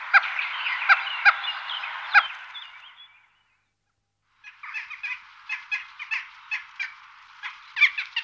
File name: zvuki galok